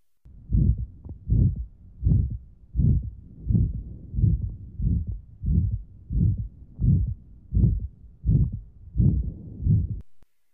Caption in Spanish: Un ruido áspero de estenosis aórtica que fue grabado colocando el estetoscopio en la parte superior derecha del borde esternal en un joven adolescente.